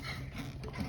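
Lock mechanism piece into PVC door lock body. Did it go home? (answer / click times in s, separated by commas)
no / none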